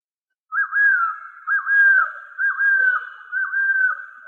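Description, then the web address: Golden-headed quetzal giving whistled calls, four slurred phrases with a quick dip and then a level or falling whistle, repeated about once a second. "inkaterra asociacion org. Golden headed Quetzal"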